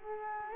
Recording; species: mosquito wingbeat signal from an infrared sensor; Culex quinquefasciatus